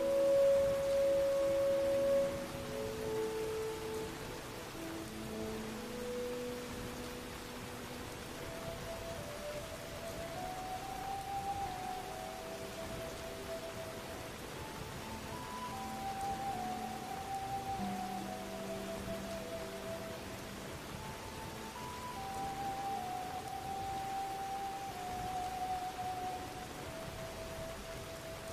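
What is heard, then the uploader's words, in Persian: A rainy night at Hogwarts: steady, even rain hiss throughout, with soft sustained musical notes drifting slowly underneath, louder in the opening seconds. هاگواترز در شب بارانی. پادکستی که میشنوید به کمک "باینورال بیت" تهیه شده (بیت هایی که به صورت دو ضربه با فرکانسهای متفاوت شنیده میشوند).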